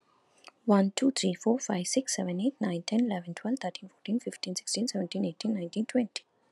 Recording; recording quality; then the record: counting at a fast pace; excellent, no background noise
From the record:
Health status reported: COVID-19 positive, moderate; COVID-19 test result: positive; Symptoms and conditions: cough, cold, fever, fatigue, muscle pain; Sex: female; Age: 49 years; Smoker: not ticked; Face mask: not worn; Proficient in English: yes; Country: India